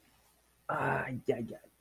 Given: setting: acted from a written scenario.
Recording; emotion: vocal sound without words; pain